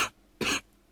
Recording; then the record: coughing mixed with background sound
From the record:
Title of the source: 64 coughing, allergies, singing lungs